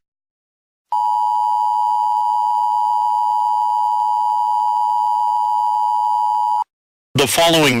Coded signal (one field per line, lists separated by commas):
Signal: Emergency Alert System (SAME) tones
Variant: 853 and 960 Hz attention tone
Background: speech